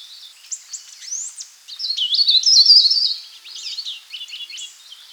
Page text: Sulawesi Leaf Warbler Song. Quick Sounds